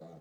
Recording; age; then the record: pig call; piglet (1 to 25 days)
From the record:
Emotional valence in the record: negative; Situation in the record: long isolation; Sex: female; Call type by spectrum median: low-frequency call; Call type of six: low-frequency stable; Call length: 0.21 s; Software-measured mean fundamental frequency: 59 Hz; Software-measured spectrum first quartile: 200 Hz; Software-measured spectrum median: 421 Hz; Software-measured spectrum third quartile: 650 Hz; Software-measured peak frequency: 529 Hz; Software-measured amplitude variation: 79 dB a second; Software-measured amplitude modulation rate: 18.8 a second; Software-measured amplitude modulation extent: 4.2 dB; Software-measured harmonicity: 2.0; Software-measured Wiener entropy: 0.17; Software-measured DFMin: 807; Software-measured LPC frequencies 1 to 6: 613, 2003, 3871, 6437, 6903, 7971 Hz